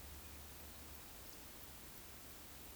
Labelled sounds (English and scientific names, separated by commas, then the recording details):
Eurasian Woodcock (Scolopax rusticola) whistle
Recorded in Baden-Württemberg, Germany, on 9 May 2021 at 19:23 UTC
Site 23718, 552 m above sea level